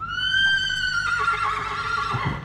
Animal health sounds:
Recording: contact call of a hoofed animal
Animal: horse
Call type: whinny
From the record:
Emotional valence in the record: negative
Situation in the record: separation from one group member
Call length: 2.5 s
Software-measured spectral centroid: 2390 Hz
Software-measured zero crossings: 3220 a second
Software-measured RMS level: -24 dBFS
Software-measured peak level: -11 dBFS

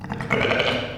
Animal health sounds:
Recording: contact call of a hoofed animal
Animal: sheep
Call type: low-frequency (closed-mouth) or high-frequency (open-mouth) call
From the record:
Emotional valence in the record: negative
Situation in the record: short social isolation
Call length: 0.98 s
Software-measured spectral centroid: 1960 Hz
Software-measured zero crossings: 2240 a second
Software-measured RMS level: -24 dBFS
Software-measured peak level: -5 dBFS

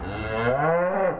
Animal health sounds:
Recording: contact call of a hoofed animal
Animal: cattle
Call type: low-frequency (closed-mouth) or high-frequency (open-mouth) call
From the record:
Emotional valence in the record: negative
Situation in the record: full separation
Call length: 1.20 s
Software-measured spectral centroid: 1310 Hz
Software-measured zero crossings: 1610 a second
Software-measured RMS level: -24 dBFS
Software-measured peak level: -11 dBFS

